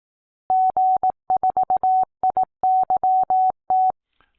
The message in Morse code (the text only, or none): G4IYT